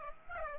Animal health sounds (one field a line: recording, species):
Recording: mosquito wingbeat signal from an infrared sensor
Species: Aedes aegypti